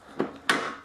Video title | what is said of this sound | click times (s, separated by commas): BuildASoil: GRANDMASTER TARANTULA LED 4X4 REVIEW & UNBOXING (Product Highlight) | wow that's easy it just literally clicks right in | 0.5 s